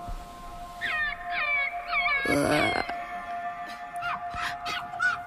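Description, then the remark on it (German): A tame, bandaged fox lying under a blanket whines in a string of short, high, rising whimpers, broken midway by a louder noisy burst of scrabbling, then a few more thin squeaky whines over a faint steady hum. “Ein Fuchs, wie er leibt und lebt.”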